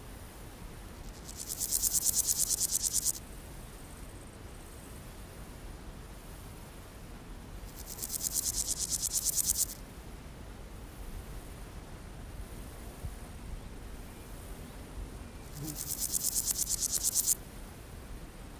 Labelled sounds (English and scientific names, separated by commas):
Meadow Grasshopper (Chorthippus parallelus)